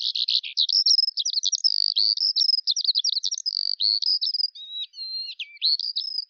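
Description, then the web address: Bird delivering a continuous, rapid, high-pitched warbling song of twittering and buzzy trilled notes, on a clean, silent background. "Deverinetal 2025 File cleaned normalized Bird Al Ar"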